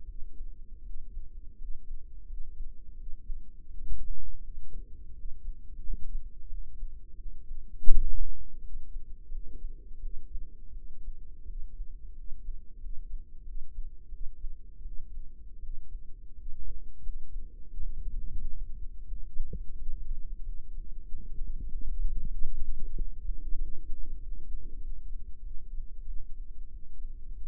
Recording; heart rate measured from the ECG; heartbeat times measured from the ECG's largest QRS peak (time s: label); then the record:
heart sounds by microphone in the right ear; 88 bpm
0.03 s: heartbeat
0.80 s: heartbeat
1.54 s: heartbeat
2.23 s: heartbeat
2.93 s: heartbeat
3.64 s: heartbeat
4.38 s: heartbeat
5.11 s: heartbeat
5.78 s: heartbeat
6.45 s: heartbeat
7.13 s: heartbeat
7.85 s: heartbeat
8.59 s: heartbeat
9.27 s: heartbeat
9.98 s: heartbeat
10.70 s: heartbeat
11.43 s: heartbeat
12.11 s: heartbeat
12.76 s: heartbeat
13.41 s: heartbeat
14.07 s: heartbeat
14.80 s: heartbeat
15.58 s: heartbeat
16.32 s: heartbeat
16.99 s: heartbeat
17.67 s: heartbeat
18.35 s: heartbeat
19.05 s: heartbeat
19.76 s: heartbeat
20.41 s: heartbeat
21.04 s: heartbeat
21.66 s: heartbeat
22.28 s: heartbeat
22.92 s: heartbeat
23.56 s: heartbeat
24.18 s: heartbeat
24.79 s: heartbeat
25.41 s: heartbeat
26.03 s: heartbeat
26.68 s: heartbeat
27.32 s: heartbeat
From the record:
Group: healthy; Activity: cold pressor test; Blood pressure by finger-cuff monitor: 129/90 mmHg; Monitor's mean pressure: 103 mmHg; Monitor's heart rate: 87 bpm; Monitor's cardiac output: 6.5 L/min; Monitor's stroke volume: 75 mL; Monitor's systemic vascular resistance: 1150 dyn s/cm5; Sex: male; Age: 21 years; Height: 180 cm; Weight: 67.5 kg